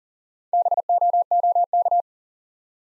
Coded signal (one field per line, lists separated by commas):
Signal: Morse code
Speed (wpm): 40 wpm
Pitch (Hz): 700 Hz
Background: none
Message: BOOK